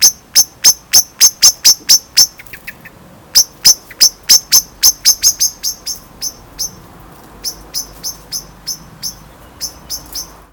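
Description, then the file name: Eurasian blackbird uttering loud, sharp chinking notes in a fast series that grows softer and more spaced out toward the end. "Turdus merula"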